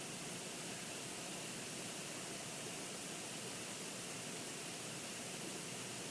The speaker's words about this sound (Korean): 근데 오늘은 되게 조용하잖아요, 그죠? 아주 그냥 아무 소리 안 하고 가만히 있으면 그 시냇물 졸졸졸 흘러가는 소리 정도만 나요. 제가 아무 말 안 하고 잠시 있어 볼 테니까 한번 들리는지 한번 보세요.